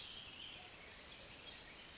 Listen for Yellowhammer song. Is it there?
no